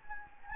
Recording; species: mosquito wingbeat signal from an infrared sensor; Anopheles gambiae